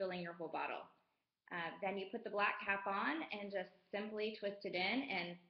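A Young Living black plastic roller ball fitment is being attached to the neck of a glass essential oil bottle by putting the black cap on and twisting it in, while someone talks throughout with a short pause near 1 second. The fitment has not seated or clicked yet in this clip.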